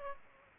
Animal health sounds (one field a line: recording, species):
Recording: mosquito wingbeat signal from an infrared sensor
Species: Aedes aegypti